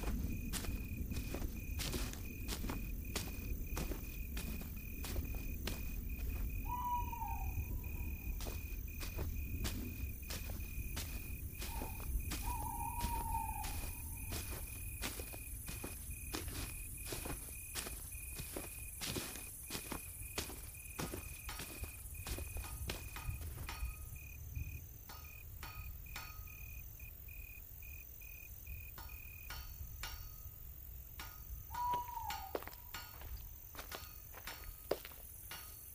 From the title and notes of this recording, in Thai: Lost in the dark village Asmr ambience. เสียงบรรยากาศหลอนๆ ในหมู่บ้านลึกลับ.